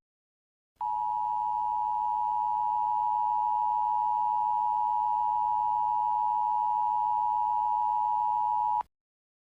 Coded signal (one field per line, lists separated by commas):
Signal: Emergency Alert System (SAME) tones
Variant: 853 and 960 Hz attention tone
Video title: [EAS] 10:42: A Real-Time Nuclear Attack Simulation